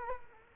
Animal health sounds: mosquito wingbeat signal from an infrared sensor; Culex quinquefasciatus

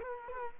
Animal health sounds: mosquito wingbeat signal from an infrared sensor; Culex quinquefasciatus

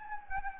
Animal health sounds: mosquito wingbeat signal from an infrared sensor; Anopheles gambiae

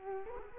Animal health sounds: mosquito wingbeat signal from an infrared sensor; Culex quinquefasciatus

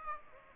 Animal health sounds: mosquito wingbeat signal from an infrared sensor; Aedes aegypti

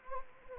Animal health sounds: mosquito wingbeat signal from an infrared sensor; Anopheles gambiae

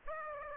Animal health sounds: mosquito wingbeat signal from an infrared sensor; Aedes aegypti

